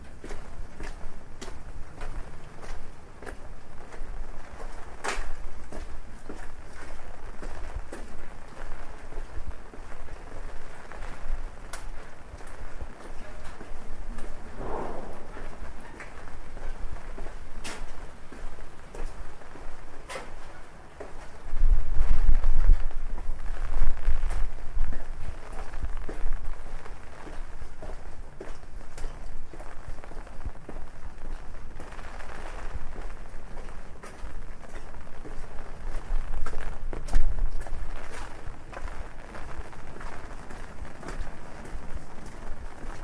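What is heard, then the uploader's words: Rain patters steadily on an umbrella overhead, a dense, even crackle of drops. Beneath it runs a low city rumble, with a louder swell of traffic around twenty-two seconds and scattered sharper taps throughout. WALKING IN THE RAIN DOWNTOWN KOREA. The gentle pitter-patter of rain drops on your umbrella, combined with the sounds of a busy downtown Korean city at night.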